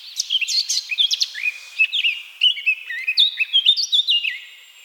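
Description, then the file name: Eurasian blackcap warbling song, a rapid varied stream of chattering notes mixed with short clear whistles, steady and lively throughout. "Sylvia atricapilla"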